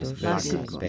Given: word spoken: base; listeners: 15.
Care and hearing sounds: one Spanish word in noise, from a listening test; four-talker babble; -2.6 dB; 0 of 15; 12 of 15; 0.49 s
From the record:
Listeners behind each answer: 12, 2, 1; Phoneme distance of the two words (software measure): 24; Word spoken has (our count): 2 syllables, 4 phonemes, stress on syllable 1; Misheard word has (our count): 3 syllables, 6 phonemes, stress on syllable 1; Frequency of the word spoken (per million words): 191.68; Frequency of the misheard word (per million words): 23.91

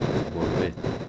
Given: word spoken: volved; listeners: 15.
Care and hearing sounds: one Spanish word in noise, from a listening test; noise modulated by three-talker babble; -3.2 dB; 3 of 15; 8 of 15; 0.69 s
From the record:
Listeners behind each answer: 8, 3, 1, 1, 1, 1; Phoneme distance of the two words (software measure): 10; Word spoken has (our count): 2 syllables, 6 phonemes, stress on syllable 2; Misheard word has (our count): 2 syllables, 6 phonemes, stress on syllable 2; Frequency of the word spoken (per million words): 0.19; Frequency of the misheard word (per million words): 110.76

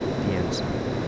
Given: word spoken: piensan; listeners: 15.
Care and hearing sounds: one Spanish word in noise, from a listening test; speech-shaped noise; -4.4 dB; 0 of 15; 12 of 15; 0.68 s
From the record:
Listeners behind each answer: 12, 1, 1, 1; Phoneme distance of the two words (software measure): 7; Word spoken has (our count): 2 syllables, 7 phonemes, stress on syllable 1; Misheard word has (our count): 2 syllables, 6 phonemes, stress on syllable 1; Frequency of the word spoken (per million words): 22.54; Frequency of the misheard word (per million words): 69.63

